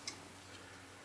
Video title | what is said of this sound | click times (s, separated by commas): Installing the Electronics Caddy | between your thumb and forefinger and then you push and they snap right in and | 0.1 s